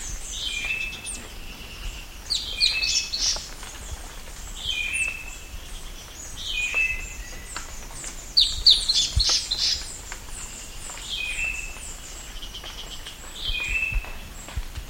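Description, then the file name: Bird calls: short downslurred whistles and buzzy notes repeated at intervals, with scattered high chirps and faint clicks. "SABIOD 50 bird 2015"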